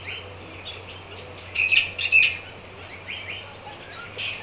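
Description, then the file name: Birds calling in a chorus, with scattered high chirps and two louder bursts in the middle, over a steady low hum. In a rainforest. "Sound Effects Library - Birds in a Rain Forest"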